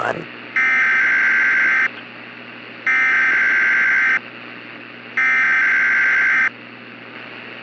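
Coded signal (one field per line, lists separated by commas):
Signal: Emergency Alert System (SAME) tones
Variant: header bursts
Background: speech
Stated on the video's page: Simulated EAS scenario for a fictional hailstorm.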